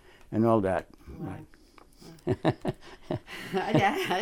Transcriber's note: chuckles